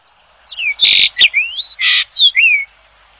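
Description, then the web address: Bird calls: a quick series of harsh, squawky notes with sweeping whistled slurs, about seven bursts in two seconds, with a few low knocks early on. Recorded in Higashiosaka, Japan. "higashiosaka bird koe"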